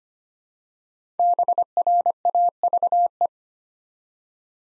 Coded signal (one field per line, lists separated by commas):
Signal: Morse code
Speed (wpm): 25 wpm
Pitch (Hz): 700 Hz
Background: none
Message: BRAVE